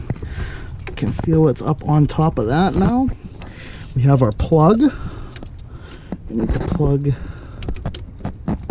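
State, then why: Not seated. Someone talks while handling the wiring harness plug for the alternator on a 1997 Chevy S-10 2.2L truck, with small sharp taps and scrapes between the words. The plug is about to be pushed back onto the alternator until it clicks, but nothing has seated or clicked yet.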